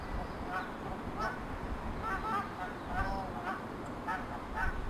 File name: paradise shelduck